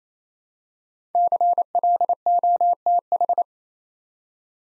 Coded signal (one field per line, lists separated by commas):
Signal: Morse code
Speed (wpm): 29 wpm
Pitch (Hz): 700 Hz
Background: none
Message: CLOTH